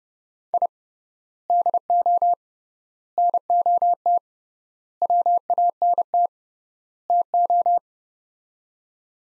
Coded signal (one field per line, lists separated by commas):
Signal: Morse code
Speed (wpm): 30 wpm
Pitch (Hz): 700 Hz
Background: none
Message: I DO NOT WANT TO